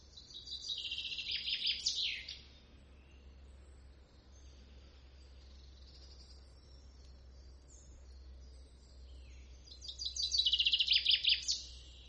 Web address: chant didier collin pinson des arbres